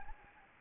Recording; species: mosquito wingbeat signal from an infrared sensor; Anopheles gambiae